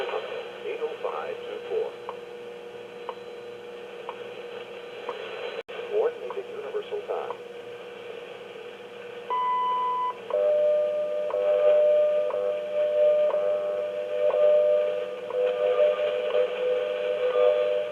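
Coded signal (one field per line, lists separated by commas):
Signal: radio time signal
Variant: WWV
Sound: talking, a brief higher beep, then a steady low tone broken by ticks each second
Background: speech, radio static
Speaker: it reads off the WWV time standard Fort Collins Colorado that gets broadcast on a few different frequencies and this one picks up five 10 or 15 mahz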